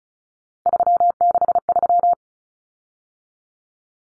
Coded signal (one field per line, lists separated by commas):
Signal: Morse code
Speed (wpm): 34 wpm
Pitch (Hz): 700 Hz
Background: none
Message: 363